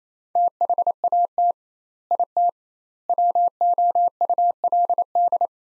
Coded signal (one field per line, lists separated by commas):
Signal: Morse code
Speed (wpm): 28 wpm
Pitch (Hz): 700 Hz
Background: none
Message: THAT IT WOULD